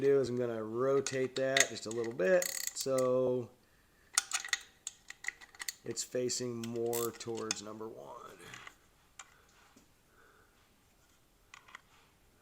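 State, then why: Not seated. Someone talks while rotating the HEI distributor cap slightly on the small block Chevy distributor housing so it faces more toward number one, then handles its hold-down latch. Sharp plastic-and-metal taps and ticks come around 4.2 to 5.7 seconds, more talking follows, and a few faint ticks sound near 9.2 and 11.5 seconds. Nothing has seated or locked into place yet.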